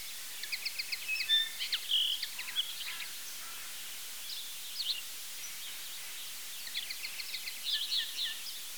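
Common linnet song, a rapid twittering of clipped, ringing notes and short trills in several phrases, with pauses between, set against a steady hiss.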